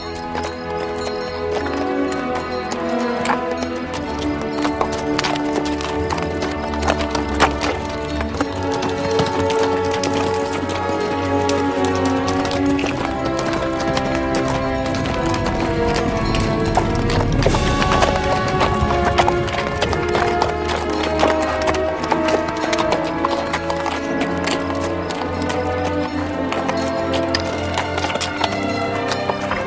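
Horse hooves clip-clop steadily as horses cross a wide heath of low grey vegetation, a quick, even rhythm of hard knocks at a constant loudness, set against a dense, sustained tonal wash.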